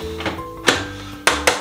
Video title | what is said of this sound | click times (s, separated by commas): How To Make the Best Hot Chocolate in the World | Make sure you get a very positive click there that you have dot that. | 1.3 s